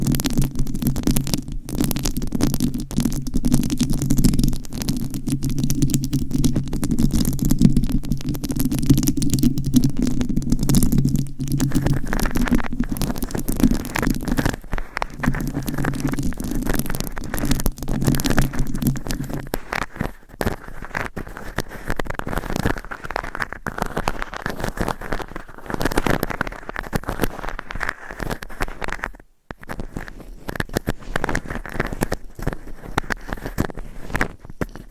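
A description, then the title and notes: Rhinestones scratch and tap against a microphone in dense, rapid, crackly strokes that run without pause. For the first twenty seconds a heavy low rumble sits underneath, with a brief gap near twelve seconds. After that the scratching turns thinner and brighter, with a short drop near twenty-nine seconds. ASMR Mic Scratching - Brain Scratching & Tapping with Rhinestones on Mic Asmr No Talking.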